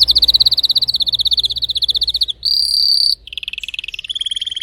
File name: canto do canario belga timbrado espanhol